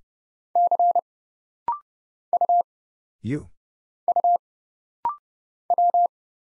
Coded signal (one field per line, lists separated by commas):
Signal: Morse code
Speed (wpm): 30 wpm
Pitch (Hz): 700 Hz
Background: none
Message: C U U W